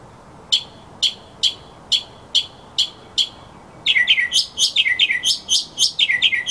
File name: kicauan burung northern mockingbird. omkicau